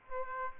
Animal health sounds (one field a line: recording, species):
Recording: mosquito wingbeat signal from an infrared sensor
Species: Aedes aegypti